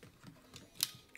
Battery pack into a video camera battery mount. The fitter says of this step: so i'll put it back in click